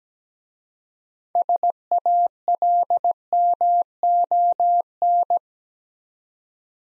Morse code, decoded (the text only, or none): SALMON